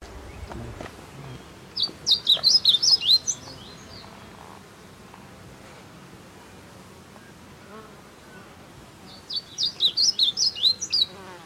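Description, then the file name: Blue seedeater's high twittering phrase of rapid slurred notes, given twice about seven seconds apart. "Amaurospiza concolor - Blue Seedeater"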